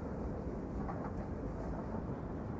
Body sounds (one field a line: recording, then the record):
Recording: background sound without coughing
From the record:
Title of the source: Train Ride Ambience ambient white noise for sleeping, focus, studying, reading